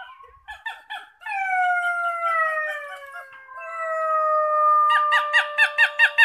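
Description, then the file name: Wolf howls, long steady tones falling slowly in pitch, with short yips at the start and a burst of rapid yelps at the end. Thailand. "tieng cho soi thai lan keu"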